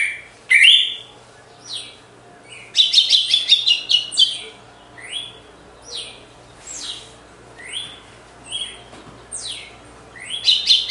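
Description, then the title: Red-cowled cardinal song: a loud whistled note, a fast chattering trill, then spaced, sliding whistled notes, with a faint background hum. Female singing after the moult; contest (disputa) song. "Canto Galo Campina Fêmea 02. GALO DE CAMPINA DEPOIS DA MUDA (disputa)"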